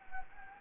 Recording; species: mosquito wingbeat signal from an infrared sensor; Anopheles gambiae